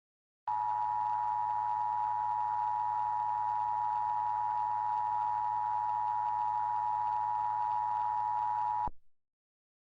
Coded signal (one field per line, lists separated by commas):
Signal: Emergency Alert System (SAME) tones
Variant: 853 and 960 Hz attention tone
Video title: EAS Scenario 2: The Moaning Virus